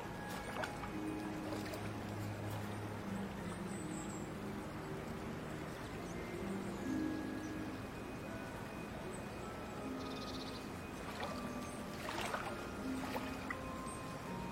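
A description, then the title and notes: Ducks play in the water over a steady low rumble, with short tonal calls and scattered splashy clicks, brief bursts near ten and twelve seconds. Ducks playing in the water.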